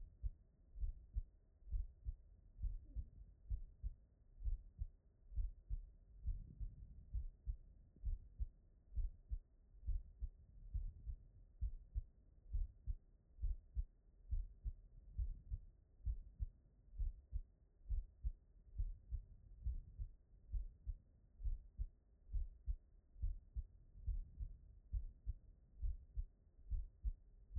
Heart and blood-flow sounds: heart sounds by stethoscope; pulmonary valve (PV)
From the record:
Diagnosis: non-HFrEF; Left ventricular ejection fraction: 55%

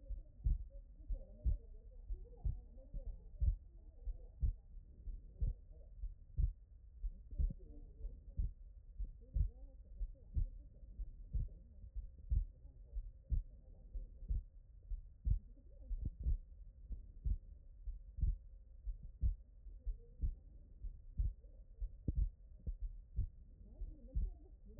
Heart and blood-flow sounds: heart sounds by stethoscope; tricuspid valve (TV)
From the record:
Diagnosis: non-HFrEF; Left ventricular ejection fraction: 56%

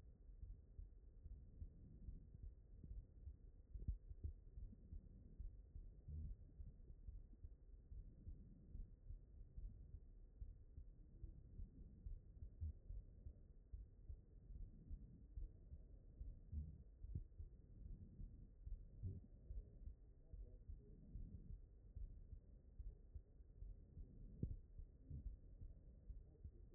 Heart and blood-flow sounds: heart sounds by stethoscope; mitral valve (MV)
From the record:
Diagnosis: non-HFrEF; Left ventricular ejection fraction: 64%

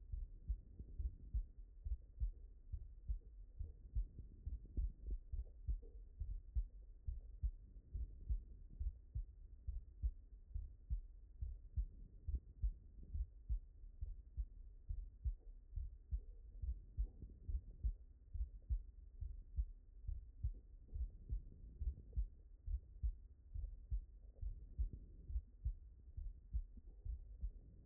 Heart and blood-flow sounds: heart sounds by stethoscope; mitral valve (MV)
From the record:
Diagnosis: non-HFrEF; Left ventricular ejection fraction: 60%

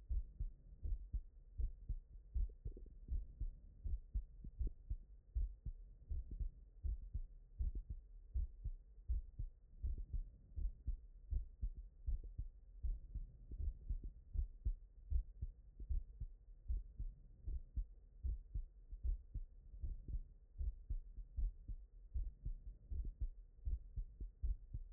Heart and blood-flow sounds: heart sounds by stethoscope; tricuspid valve (TV)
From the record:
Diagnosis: non-HFrEF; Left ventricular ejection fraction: 67%

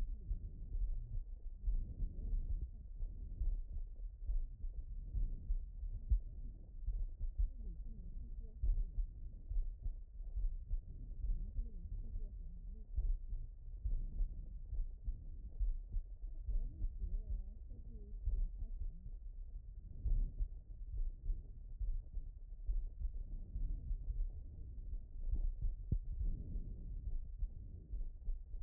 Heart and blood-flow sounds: heart sounds by stethoscope; pulmonary valve (PV)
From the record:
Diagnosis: HFrEF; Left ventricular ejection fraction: 29%

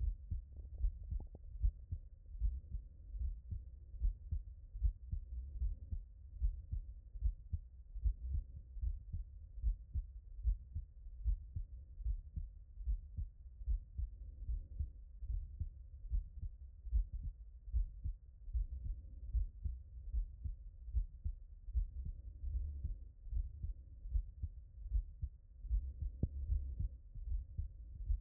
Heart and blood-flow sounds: heart sounds by stethoscope; tricuspid valve (TV)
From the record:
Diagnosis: non-HFrEF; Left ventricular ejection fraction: 58%

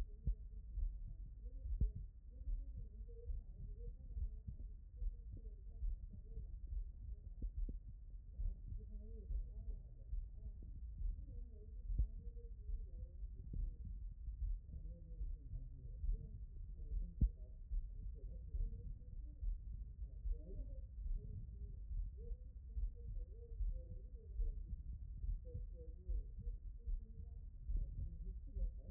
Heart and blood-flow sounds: heart sounds by stethoscope; aortic valve (AV)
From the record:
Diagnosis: non-HFrEF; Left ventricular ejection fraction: 42%

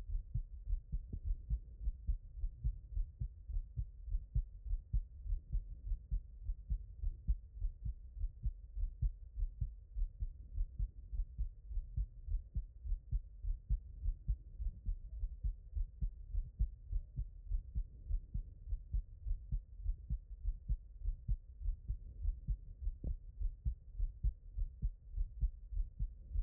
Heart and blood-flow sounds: heart sounds by stethoscope; pulmonary valve (PV)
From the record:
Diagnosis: non-HFrEF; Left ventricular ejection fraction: 70%

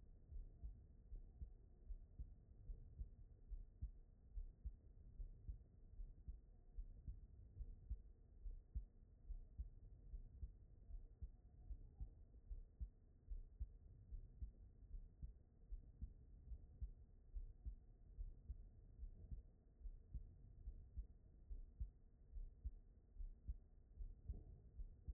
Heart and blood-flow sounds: heart sounds by stethoscope; aortic valve (AV)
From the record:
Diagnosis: non-HFrEF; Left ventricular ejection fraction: 67%

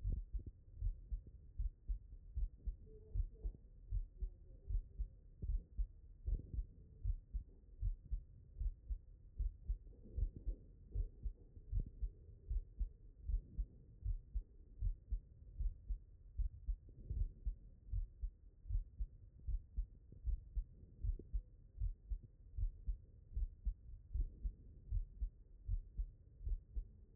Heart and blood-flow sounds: heart sounds by stethoscope; pulmonary valve (PV)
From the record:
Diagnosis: non-HFrEF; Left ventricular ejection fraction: 42%

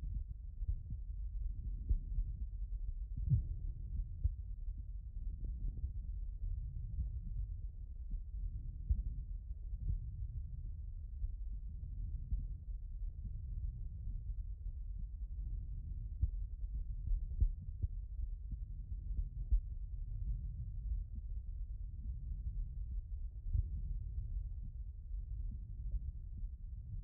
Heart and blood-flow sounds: heart sounds by stethoscope; aortic valve (AV)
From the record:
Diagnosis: non-HFrEF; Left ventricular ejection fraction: 64%

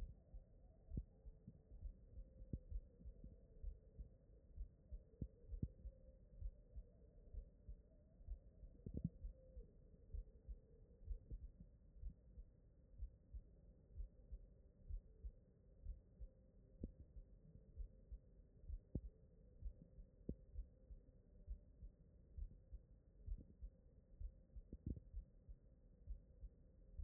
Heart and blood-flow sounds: heart sounds by stethoscope; mitral valve (MV)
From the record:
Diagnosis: non-HFrEF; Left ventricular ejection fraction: 59%

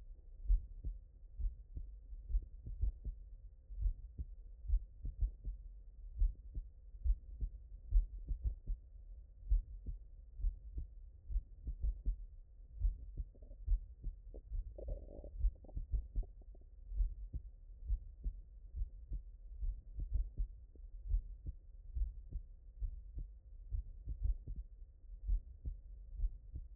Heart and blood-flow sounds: heart sounds by stethoscope; tricuspid valve (TV)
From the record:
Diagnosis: non-HFrEF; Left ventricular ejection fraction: 62%

